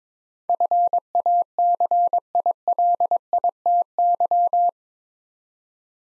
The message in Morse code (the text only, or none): FACILITY